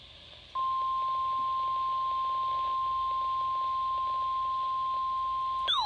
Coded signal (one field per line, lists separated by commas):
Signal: Emergency Alert System (SAME) tones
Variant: 1050 Hz attention tone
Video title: A great way to end of the month EAS# 333-342 from 10/25/20 - 10/30/20